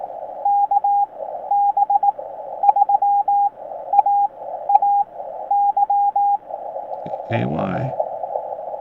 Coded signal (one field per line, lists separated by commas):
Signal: Morse code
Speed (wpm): 18 wpm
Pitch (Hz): 810 Hz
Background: speech, radio noise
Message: KB3AAY